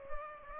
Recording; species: mosquito wingbeat signal from an infrared sensor; Aedes aegypti